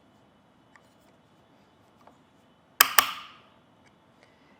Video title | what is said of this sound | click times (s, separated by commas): etrailer - DIY Install: Thule WingBar Edge Roof Rack for Flush Rails on your 2024 Jeep Compass | and when it clicks into place I recommend just giving it a good Shake test | 2.8 s, 3.0 s